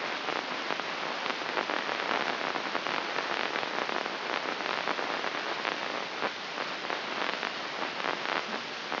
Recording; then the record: brain microelectrode recording played as sound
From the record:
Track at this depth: inside the subthalamic nucleus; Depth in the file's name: 5.314 mm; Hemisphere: left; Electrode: 3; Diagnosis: Parkinson's disease